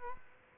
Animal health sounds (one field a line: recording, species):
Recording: mosquito wingbeat signal from an infrared sensor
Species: Aedes aegypti